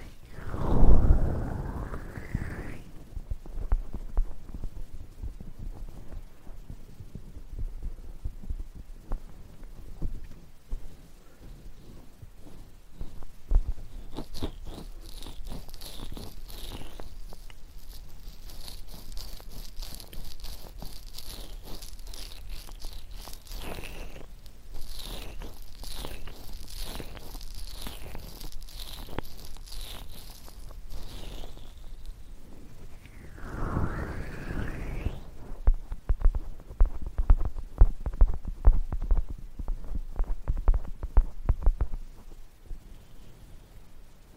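A stainless ear pick scrapes and taps inside the ear with dense, crackly scratching, interrupted by two muffled rubbing swells of ear massage near the start and around 34 seconds. From about 14 to 32 seconds a thin, bright hiss runs steadily behind the scraping.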